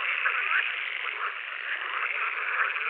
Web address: Pool Frog